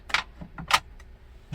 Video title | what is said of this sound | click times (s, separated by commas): Three-Month Updated Review and Answering Your Questions on the Morus Zero Portable Dryer - Van Life | it just snaps back in place. | 0.1 s, 0.7 s